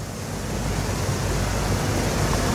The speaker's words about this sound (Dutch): Nou, hier is het gat in de dijk. Je hoort het water uit het bassin stromen. Hoeveel water zit er eigenlijk in? In dat bassin? 32.000 kuub. Het zou zonder bijtanken zou het binnen 20 minuten leeg moeten zijn.